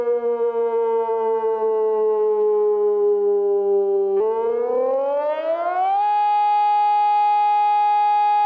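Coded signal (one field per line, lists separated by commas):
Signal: siren signal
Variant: German Feueralarm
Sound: electronic siren tone sagging slightly, then rising and holding one steady wailing pitch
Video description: Monatliche Sirenenprobe in der Gemeinde Windeck am 1. Samstag im Monat um 11.00 Uhr mit dem Signal "Feueralarm".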